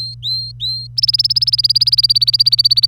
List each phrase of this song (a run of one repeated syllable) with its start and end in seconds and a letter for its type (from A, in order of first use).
0.00-0.87 A, 0.97-2.88 B